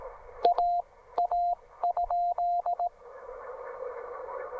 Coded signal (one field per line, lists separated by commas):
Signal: Morse code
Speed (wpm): 17 wpm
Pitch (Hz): 700 Hz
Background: radio noise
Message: AA?